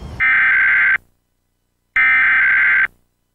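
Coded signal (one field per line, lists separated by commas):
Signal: Emergency Alert System (SAME) tones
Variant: header bursts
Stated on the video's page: Xfinity cable EAS test in Minnesota, recorded on VHS.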